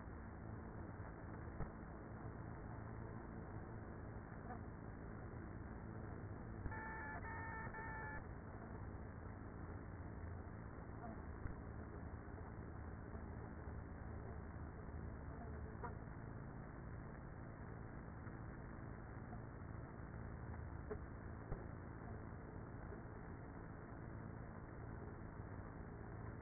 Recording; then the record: honeybee colony, microphone inside the hive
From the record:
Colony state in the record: queenless with a low population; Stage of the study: after two queens were removed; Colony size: about 30,000 bees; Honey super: no